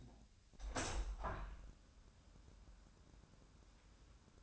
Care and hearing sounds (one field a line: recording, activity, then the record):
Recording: daily activity, microphone in the room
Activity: open window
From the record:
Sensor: 2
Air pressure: 1006.5 hPa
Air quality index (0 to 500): 192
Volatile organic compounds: 12 ppm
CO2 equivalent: 2346 ppm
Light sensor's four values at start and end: 8/20/8/9 and 9/21/9/9